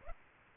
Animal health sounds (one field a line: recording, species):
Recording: mosquito wingbeat signal from an infrared sensor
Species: Aedes aegypti